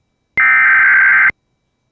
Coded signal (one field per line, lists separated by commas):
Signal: Emergency Alert System (SAME) tones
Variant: header bursts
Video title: (RARE) Tornado Warning [WITH LIVE VOICE] EAS#153